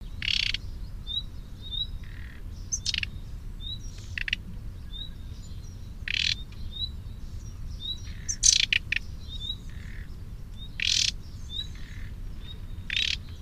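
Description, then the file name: Common nightingale song: short rising whistled notes repeated again and again, with several loud buzzy bursts over a low rumbling background. "Luscinia megarhynchos"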